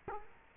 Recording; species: mosquito wingbeat signal from an infrared sensor; Culex quinquefasciatus